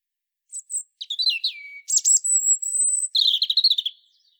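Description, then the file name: European robin song: a varied run of thin high notes, a few quick warbles, then a long, level, very high whistle followed by a fast twittering burst, with no other sounds. "Erithacus rubecula"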